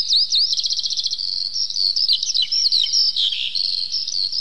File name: zhavoronok polevoy